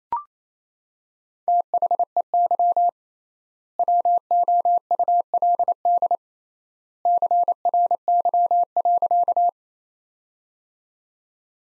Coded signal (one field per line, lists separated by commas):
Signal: Morse code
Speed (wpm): 28 wpm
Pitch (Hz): 700 Hz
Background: none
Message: THEY WOULD CRY.